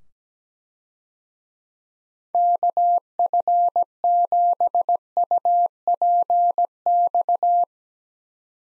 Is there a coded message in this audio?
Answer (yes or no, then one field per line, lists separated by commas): yes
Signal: Morse code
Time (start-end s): 2.3-7.6 s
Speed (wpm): 17 wpm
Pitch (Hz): 700 Hz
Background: none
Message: KF7UPX